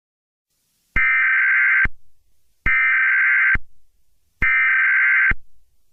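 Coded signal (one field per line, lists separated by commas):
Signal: Emergency Alert System (SAME) tones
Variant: header bursts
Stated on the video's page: Fictional EAS scenario.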